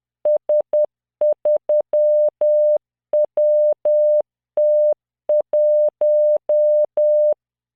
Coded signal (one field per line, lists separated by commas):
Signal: Morse code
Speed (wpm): 10 wpm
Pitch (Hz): 600 Hz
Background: none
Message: S3WT1